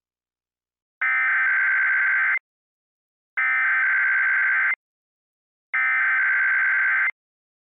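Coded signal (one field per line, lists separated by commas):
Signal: Emergency Alert System (SAME) tones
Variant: header bursts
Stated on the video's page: Fictional scenario whose alert tones are stated to be valid.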